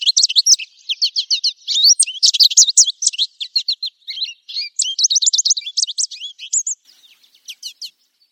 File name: suara american goldfinch omkicau